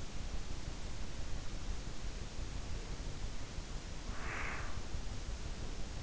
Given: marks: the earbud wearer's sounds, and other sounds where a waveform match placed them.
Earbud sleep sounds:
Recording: sounds in sleep by an in-ear microphone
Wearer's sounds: breath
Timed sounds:
4.08-4.92 s: breath

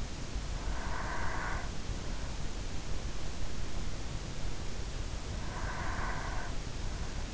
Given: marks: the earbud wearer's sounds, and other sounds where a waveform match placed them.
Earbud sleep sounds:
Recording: sounds in sleep by an in-ear microphone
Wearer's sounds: breath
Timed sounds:
0.64-2.43 s: breath
5.38-7.33 s: breath

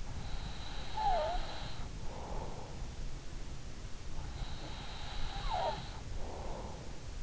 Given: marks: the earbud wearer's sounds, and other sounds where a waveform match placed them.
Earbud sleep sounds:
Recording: sounds in sleep by an in-ear microphone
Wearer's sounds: breath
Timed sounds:
0.44-2.78 s: breath
5.12-7.23 s: breath

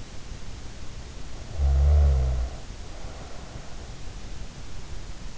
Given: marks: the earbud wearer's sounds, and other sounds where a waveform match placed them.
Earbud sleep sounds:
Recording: sounds in sleep by an in-ear microphone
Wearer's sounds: snoring breath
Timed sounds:
1.09-3.61 s: snoring breath

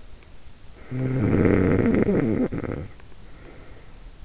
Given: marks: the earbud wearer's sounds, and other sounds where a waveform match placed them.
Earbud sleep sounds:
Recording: sounds in sleep by an in-ear microphone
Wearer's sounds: snoring breath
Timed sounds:
0.56-3.99 s: snoring breath

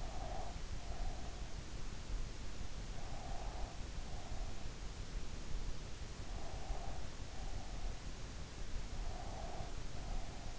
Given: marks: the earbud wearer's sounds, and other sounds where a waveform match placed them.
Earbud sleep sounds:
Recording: sounds in sleep by an in-ear microphone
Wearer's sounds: breath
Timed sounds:
0.00-1.43 s: breath
3.01-4.57 s: breath
6.33-7.84 s: breath
9.00-10.58 s: breath

